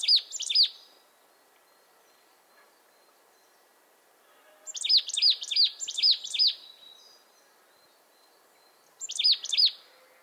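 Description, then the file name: Marsh tit giving quick clusters of high, sharp call notes with a buzzy ending, one long burst of several notes between shorter groups. "Poecile palustris"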